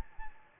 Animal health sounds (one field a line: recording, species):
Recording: mosquito wingbeat signal from an infrared sensor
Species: Anopheles gambiae